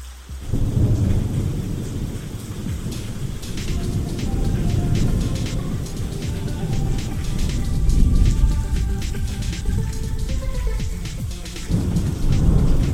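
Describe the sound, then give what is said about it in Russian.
Steady rain patters down with a constant hiss and scattered sharp drops, while deep rolling thunder rumbles underneath, swelling loudest midway and again near the end. No voices are heard. “В точно такой же дождливый вечер я вел легкий разговор с несколькими друзьями, сидя возле пылающего камина в комнате одного из клубов на улице Гинзе.”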